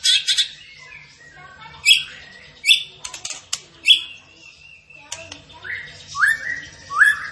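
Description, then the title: Zebra finch song of sharp chirps and bright whistled notes, some rising and slurred, in repeated bursts, over a faint low hum. Masteran (tutor) recording of a vigorously singing (gacor) bird. "Masteran Burung Tembakan Gacor"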